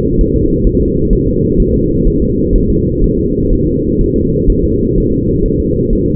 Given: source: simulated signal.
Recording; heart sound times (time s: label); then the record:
fetal heart sounds
0.21 s: S1
0.36 s: S2
0.67 s: S1
0.81 s: S2
1.13 s: S1
1.27 s: S2
1.60 s: S1
1.74 s: S2
2.07 s: S1
2.22 s: S2
2.56 s: S1
2.70 s: S2
3.04 s: S1
3.19 s: S2
3.53 s: S1
3.67 s: S2
4.01 s: S1
4.16 s: S2
4.50 s: S1
4.64 s: S2
4.98 s: S1
5.12 s: S2
5.45 s: S1
5.60 s: S2
5.93 s: S1
6.07 s: S2
From the record:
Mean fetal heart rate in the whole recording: 130 bpm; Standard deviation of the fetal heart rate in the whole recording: 4 bpm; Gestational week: 38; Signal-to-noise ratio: -10.2 dB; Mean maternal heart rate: 72 bpm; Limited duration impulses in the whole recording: present